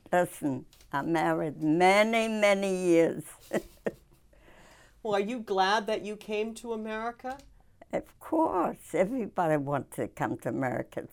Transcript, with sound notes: Listen, I'm married many, many years. (she laughs)
Well, are you glad that you came to America?
Of course. Everybody wants to come to America.